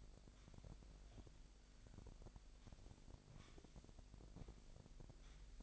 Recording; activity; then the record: daily activity, microphone in the room; sweep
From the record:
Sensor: 5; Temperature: 25.1 degrees Celsius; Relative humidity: 39.7%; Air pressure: 1001.7 hPa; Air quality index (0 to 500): 181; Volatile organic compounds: 12 ppm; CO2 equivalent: 2326 ppm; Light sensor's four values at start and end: 28/96/36/38 and 28/96/36/38